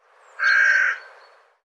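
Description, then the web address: Bird call: a single drawn-out, harsh, nasal caw lasting about half a second, with a softer lead-in and fade. "cianscape birddata"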